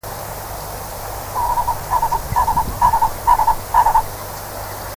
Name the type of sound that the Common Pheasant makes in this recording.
call